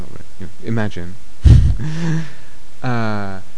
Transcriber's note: laughs